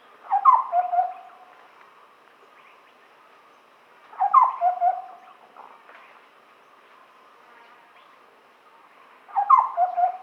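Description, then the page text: Large scimitar babbler calls: short bursts of low, hollow, hooting whistles, each lasting about a second and repeated roughly every four to five seconds, with quiet gaps between. "Large Scimitar Babbler Call. Quick Sounds"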